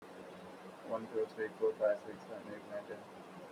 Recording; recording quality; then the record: counting at a fast pace; poor, much background noise or distortion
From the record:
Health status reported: COVID-19 positive, no symptoms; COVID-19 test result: positive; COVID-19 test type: RT-PCR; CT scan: not taken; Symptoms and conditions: cough, cold, sore throat, fever, fatigue, asthma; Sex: male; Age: 20 years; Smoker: no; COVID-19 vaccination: both doses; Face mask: worn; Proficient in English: yes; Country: India